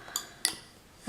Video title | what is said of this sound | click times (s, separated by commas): Katie B Cosmetics - Retractable Brush Kit | and again you just want to hear um here until it clicks so that it's secure | 0.4 s